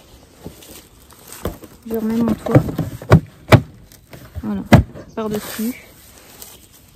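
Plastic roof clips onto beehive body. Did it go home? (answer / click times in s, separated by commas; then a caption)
yes / 6.4 s. A beekeeper puts the plastic roof back over the beehive, over the candy, and presses it down until its side clips catch on the hive body. Someone talks while several sharp knocks and thuds sound as the roof is handled. The roof clips shut at 6.4 s and is properly seated.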